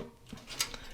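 The top of a metal I/O shield is pushed from the inside of a PC case until it snaps into the rear opening, with a sharp click at 0.6 s. A fainter tick follows at about 0.7 s, and the shield is seated. No one talks during the clip.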